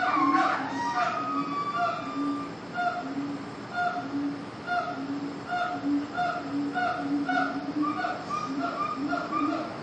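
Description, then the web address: Gibbon howling opens with a loud, wavering swoop, then settles into rapid, evenly repeated paired hoots that continue to the end. Zoo ambience recorded at the monkey cage, gibbons howling. "SFXBible ambience-zoo-monkey-cage-gibbons-howl"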